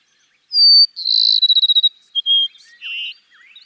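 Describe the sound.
Cassin's sparrow song: a pure high whistle, a buzzy trill breaking into quick pulses, then several separate whistled notes.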